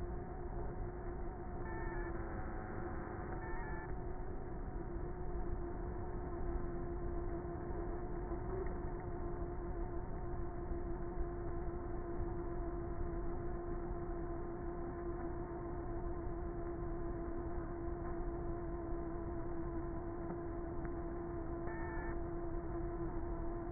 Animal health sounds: honeybee colony, microphone inside the hive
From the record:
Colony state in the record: queenless with a low population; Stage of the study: before two queens were removed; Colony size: about 30,000 bees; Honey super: no

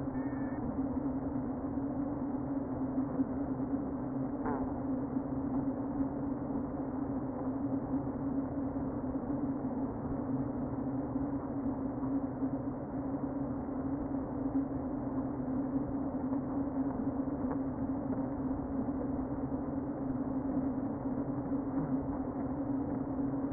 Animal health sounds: honeybee colony, microphone inside the hive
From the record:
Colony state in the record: queen present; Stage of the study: before two queens were removed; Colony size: about 60,000 bees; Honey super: yes

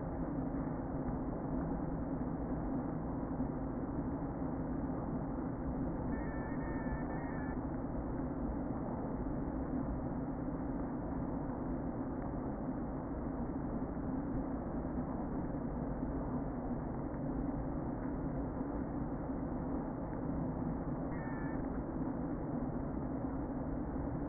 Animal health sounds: honeybee colony, microphone inside the hive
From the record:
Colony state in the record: queen present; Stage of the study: before two queens were removed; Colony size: about 60,000 bees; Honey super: yes

